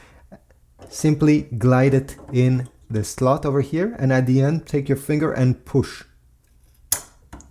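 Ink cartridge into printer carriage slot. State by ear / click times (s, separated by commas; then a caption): seated / 6.9 s. Someone talks while an HP 923 ink cartridge is glided into its slot in the printer carriage and pushed at the end with a finger. A sharp click sounds at 6.9 s as the cartridge latches and seats.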